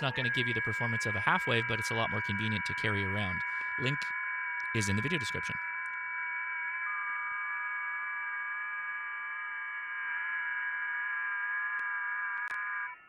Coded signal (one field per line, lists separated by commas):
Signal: FT8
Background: speech